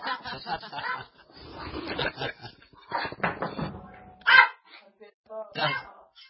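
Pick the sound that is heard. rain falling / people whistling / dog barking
dog barking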